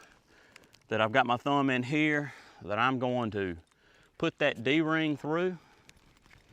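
Someone talks while holding a thumb in the tree strap loop, about to pass the metal D-ring of a climbing harness through it to attach the harness tether connector onto the D-ring of the tree strap. A few faint, brief handling taps are heard around 0.6–0.8 s and again near 5.9–6.6 s. Nothing has seated or clicked yet.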